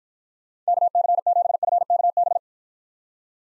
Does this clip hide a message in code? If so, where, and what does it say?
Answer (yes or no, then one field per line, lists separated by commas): yes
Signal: Morse code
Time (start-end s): 0.7-2.4 s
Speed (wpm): 53 wpm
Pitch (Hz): 700 Hz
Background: none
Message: KC7FKB